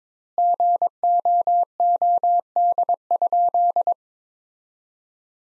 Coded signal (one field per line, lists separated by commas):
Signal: Morse code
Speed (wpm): 21 wpm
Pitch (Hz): 700 Hz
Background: none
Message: GOOD?